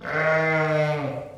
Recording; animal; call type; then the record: contact call of a hoofed animal; sheep; low-frequency (closed-mouth) or high-frequency (open-mouth) call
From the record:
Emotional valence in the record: negative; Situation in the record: short social isolation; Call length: 1.38 s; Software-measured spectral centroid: 1580 Hz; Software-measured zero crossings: 1800 a second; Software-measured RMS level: -23 dBFS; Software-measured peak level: -11 dBFS